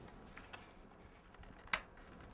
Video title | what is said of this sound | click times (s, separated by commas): Computer Maintenance & Upkeep : How to Put RAM in a Laptop | down firmly on each side till it clicks in and then | 1.7 s